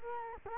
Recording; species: mosquito wingbeat signal from an infrared sensor; Culex quinquefasciatus